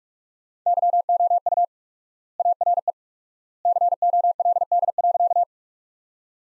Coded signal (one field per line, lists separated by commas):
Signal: Morse code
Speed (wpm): 46 wpm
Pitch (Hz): 700 Hz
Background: none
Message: YOU ARE COLD.